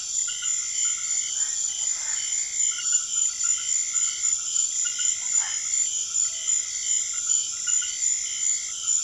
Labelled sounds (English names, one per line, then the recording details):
none
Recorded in secondary vegetation near Puerto Asís, Putumayo, Colombia, on 25 June 2025 at 19:30
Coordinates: 0.500, -76.326
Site GP08